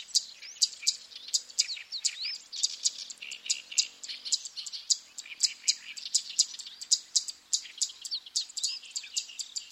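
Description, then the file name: Zitting cisticola giving sharp, high ticking notes repeated in quick series. "sekka"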